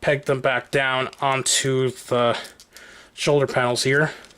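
Someone talks while handling a plastic transforming robot toy, about to peg its rubbery flaps back down onto the shoulder panels. Speech fills most of the clip, with a quieter stretch of faint handling noise in the middle. Nothing has seated or clicked yet.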